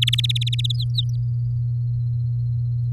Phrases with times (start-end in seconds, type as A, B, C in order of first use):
0.02-0.55 A, 0.58-0.72 B, 0.74-1.04 C